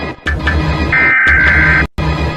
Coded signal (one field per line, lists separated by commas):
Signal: Emergency Alert System (SAME) tones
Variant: header bursts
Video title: Rating more Cities EAS Alarms! (Pt.29) | Thank you for 690 Subscribers!